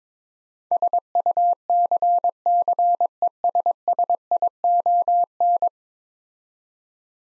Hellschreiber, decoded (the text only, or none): none